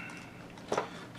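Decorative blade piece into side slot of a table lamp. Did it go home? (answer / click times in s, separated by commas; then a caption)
yes / 0.7 s. A decorative blade piece is pressed into a slot on the side of a collectible Sons of Anarchy table lamp. A faint tap comes at 0.6 s, then a short, sharp hit at 0.7 s as the blade pops into place. The blade is seated in the lamp's side.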